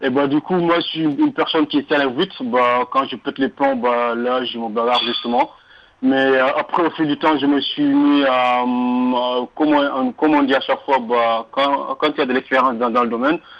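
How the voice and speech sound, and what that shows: An adult man speaks French over a phone line, mostly fluently but with several whole-word and syllable repetitions ("comme on, comme on", "quand, quand", "dans, dans"), stretched sounds and filler pauses. Mild stuttering present since childhood; it comes mainly when he is angry, his speech is otherwise fairly fluent, though some words he cannot get out.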